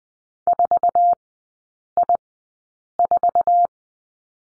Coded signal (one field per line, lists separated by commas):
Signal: Morse code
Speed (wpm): 20 wpm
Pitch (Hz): 700 Hz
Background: none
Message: 4I4